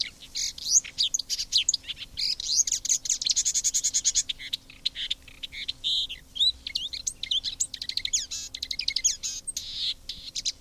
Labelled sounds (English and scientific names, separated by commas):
Marsh Warbler (Acrocephalus palustris) song